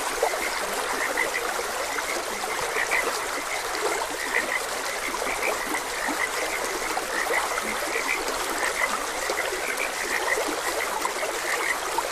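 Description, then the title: Frogs keep up an even chorus of clipped chirps over the constant wash of running water. Frogs croaking beside a gentle stream. "Gentle Stream and Frogs Croaking"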